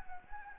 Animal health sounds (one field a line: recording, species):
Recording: mosquito wingbeat signal from an infrared sensor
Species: Anopheles gambiae